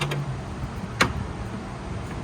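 Two spring pull pins that lock the sliding storage tray in the weatherproof exterior storage compartment of a 2025 Lance 1172 truck camper are pulled. Sharp clicks sound at 0.0 s and 1.0 s over a low background rumble, and the pins release to unlock the tray so it can slide.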